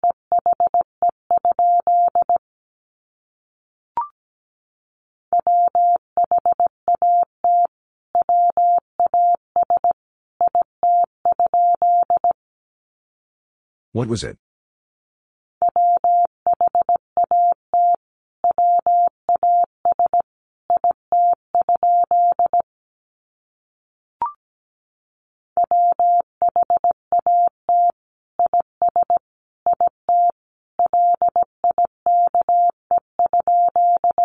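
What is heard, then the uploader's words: A steady mid-pitched tone keys on and off in Morse code, in bursts of short and long beeps separated by pauses. Three groups of signalling are broken by silent gaps, with a sharp click near the middle and faint ticks around 4 and 24 seconds. The words are sent in Morse code.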